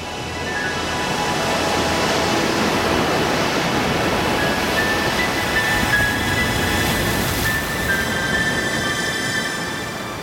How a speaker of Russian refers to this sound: Бирюзовое у берега, оно меняло цвет на насыщенно синий, там, где дно резко уходило вниз. Волны разбивались о камни, взрывались фонтанами белой пены.